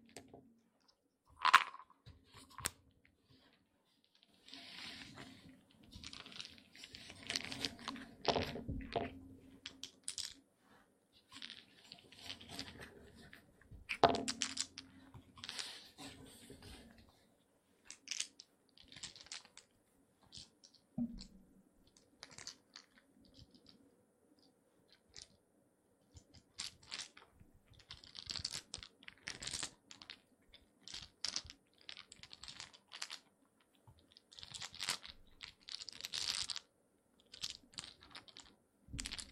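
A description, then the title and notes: Wooden eggs clack and rattle against each other in quick, irregular bursts of sharp knocks. Clusters come thick around 5 to 10 seconds and again near 14 seconds, then settle into lighter, scattered taps with short pauses between them, with a faint low hum underneath. ASMR Relaxing wooden eggs sounds (No Talking).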